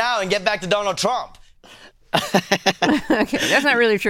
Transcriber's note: laughter